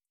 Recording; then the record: hydrophone in a shrimp aquaculture tank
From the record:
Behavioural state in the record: feeding